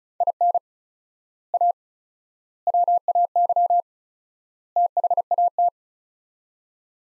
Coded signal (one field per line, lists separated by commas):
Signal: Morse code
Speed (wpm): 34 wpm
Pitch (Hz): 700 Hz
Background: none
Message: IN A WAY THAT